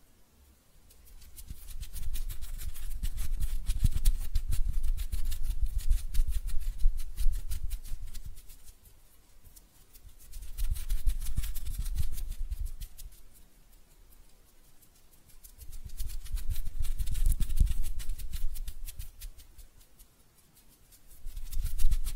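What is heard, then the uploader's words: Hand sounds with no talking: a dense, crackly rubbing and scratching texture full of quick ticks over a soft low rumble. It comes in long swells, loudest from about 1 to 8 seconds, again around 10 to 13 and 16 to 20, easing to near quiet between. ASMR Relaxing Hand Sounds (No Talking).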